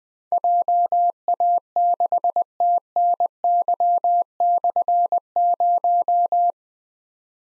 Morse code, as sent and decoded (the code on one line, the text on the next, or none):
.--- .- -.... - -. -.-- -..-. -----
JA6TNY/0